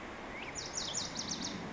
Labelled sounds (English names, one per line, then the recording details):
Lazuli Bunting
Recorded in Sonoma County, California